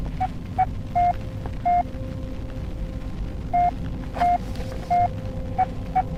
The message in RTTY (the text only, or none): none